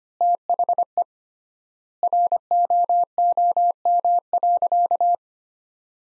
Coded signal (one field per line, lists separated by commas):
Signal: Morse code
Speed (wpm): 25 wpm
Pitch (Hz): 700 Hz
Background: none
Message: THE ROOM.